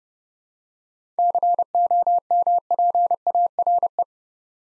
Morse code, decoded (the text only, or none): COMPARE